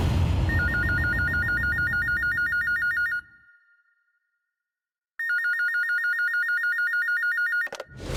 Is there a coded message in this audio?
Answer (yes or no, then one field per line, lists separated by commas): no